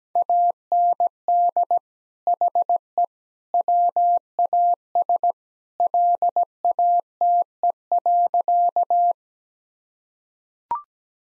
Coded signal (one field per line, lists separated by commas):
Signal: Morse code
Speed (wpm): 17 wpm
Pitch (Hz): 700 Hz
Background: none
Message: AND HE WAS LATE.